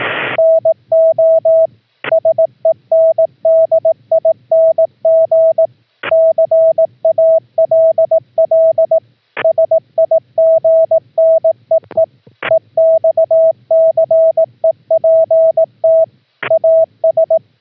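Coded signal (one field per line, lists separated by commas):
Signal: Morse code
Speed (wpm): 18 wpm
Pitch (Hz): 650 Hz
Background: none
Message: NO SENDING CALL SIGN EE EXCEPT AS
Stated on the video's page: CW sent as audio tones (AFCW) from a remote laptop's microphone jack over an OPUS audio-over-IP link, keying the home rig via VOX.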